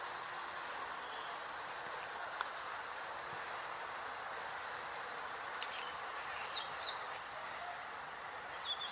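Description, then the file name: European robin giving two sharp, high-pitched ticks nearly four seconds apart, with a few faint thin notes later, over steady hiss. "Erithacus rubecula"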